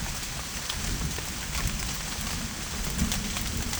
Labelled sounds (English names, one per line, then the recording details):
none
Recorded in secondary vegetation near Puerto Asís, Putumayo, Colombia, on 24 June 2025
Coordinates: 0.488, -76.319
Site G094